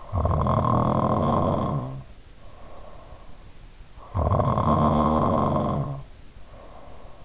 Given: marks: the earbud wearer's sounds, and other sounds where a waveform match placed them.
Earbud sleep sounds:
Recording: sounds in sleep by an in-ear microphone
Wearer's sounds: snoring breath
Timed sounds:
0.04-3.47 s: snoring breath
3.93-7.24 s: snoring breath

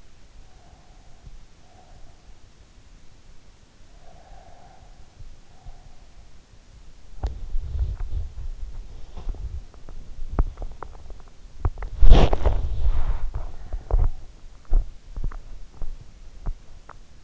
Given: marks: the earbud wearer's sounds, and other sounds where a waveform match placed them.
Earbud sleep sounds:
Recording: sounds in sleep by an in-ear microphone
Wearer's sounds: breath, body movement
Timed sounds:
0.14-2.47 s: breath
3.82-6.31 s: breath
6.76-17.24 s: body movement

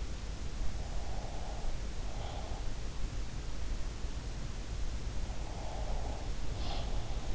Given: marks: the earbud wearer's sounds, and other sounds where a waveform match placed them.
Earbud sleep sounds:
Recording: sounds in sleep by an in-ear microphone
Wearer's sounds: breath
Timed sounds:
0.79-2.73 s: breath
5.32-7.35 s: breath

